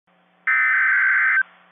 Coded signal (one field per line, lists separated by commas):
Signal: Emergency Alert System (SAME) tones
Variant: header bursts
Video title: KIH24 Tornado Warning (2/4/24) EAS #37